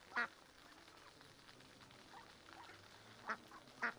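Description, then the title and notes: Mallard quacks, one sharp call at the start and two near the end, with faint calling and running water between. Adults, half-grown and young ducklings with mothers on a small river in a park, Griñón, Madrid, Spain, Sunday afternoon; excited when people feed them, adolescent ducklings begging for food; Zoom H1n recorder. "Paseo de la Senda, Griñón, Madrid, España - Tarde en el parque del río con patos. patos griñon. Ánade Real (Anas platyrhynchos)"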